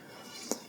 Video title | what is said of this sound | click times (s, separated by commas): How to Use Automated SvBony SV238 Off-Axis Guider | yep, as you can see, you position it like that up until you hear the click. Yep. | 0.5 s